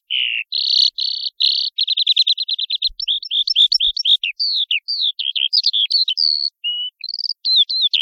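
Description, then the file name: Eurasian skylark song: a continuous, fast, high-pitched stream of trills, chirps and slurred warbling notes, constantly varying without pause. "Allodola"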